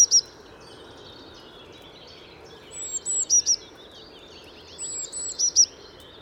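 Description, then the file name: Eurasian blue tit calling with high, thin notes in short uneven bursts over steady background noise. "Cyanistes caeruleus"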